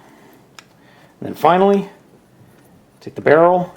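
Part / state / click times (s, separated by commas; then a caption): plastic trigger piece onto the stock of a toy blaster model / seated / 0.6 s. The plastic trigger piece of a TW-01 Hegemon toy blaster model is pushed onto the stock and snaps into place with a single sharp click at 0.6 s, seating it so it holds everything together. After that, someone talks.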